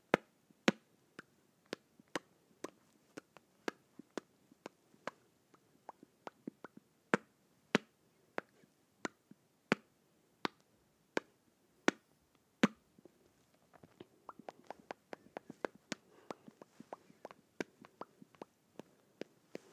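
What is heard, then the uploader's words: Lips smacking together in sharp, irregular clicks, sparse at first, then quicker and denser with soft wet smacks after fifteen seconds. ASMR Smacking my Lips Together.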